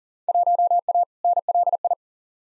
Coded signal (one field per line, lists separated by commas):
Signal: Morse code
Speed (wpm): 40 wpm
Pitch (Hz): 700 Hz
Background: none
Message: 1A NLI